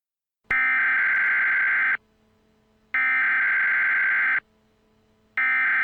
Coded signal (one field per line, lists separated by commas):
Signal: Emergency Alert System (SAME) tones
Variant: header bursts